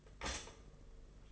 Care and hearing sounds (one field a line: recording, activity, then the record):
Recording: daily activity, microphone in the room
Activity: stop toaster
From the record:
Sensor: 4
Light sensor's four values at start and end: 18/63/23/24 and 18/63/23/24